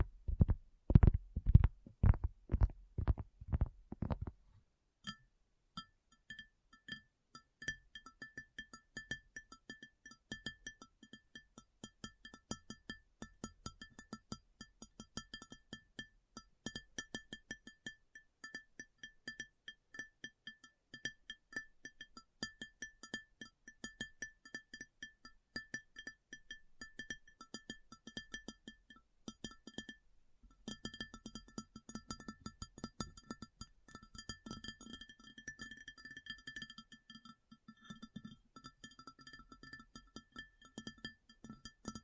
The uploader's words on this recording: ASMR Addictive Tapping. (No Talking).